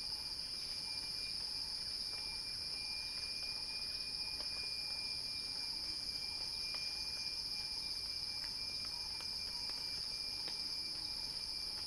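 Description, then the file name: Cicada song, a continuous loud whirring buzz at high pitch, even throughout, with faint scattered clicks. Cicada song building in a crescendo. "Axel-Drioli Cicada-Crescendo-Sounding-Wild"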